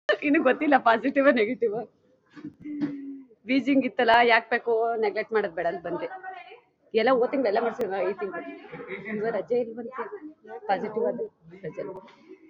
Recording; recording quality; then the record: counting at a normal pace; poor, much background noise or distortion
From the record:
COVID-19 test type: RT-PCR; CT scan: not taken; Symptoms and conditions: cough, cold, loss of smell and taste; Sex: female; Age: 40 years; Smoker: no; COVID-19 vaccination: both doses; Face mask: worn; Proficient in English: yes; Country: India